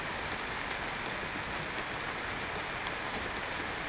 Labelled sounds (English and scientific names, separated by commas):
none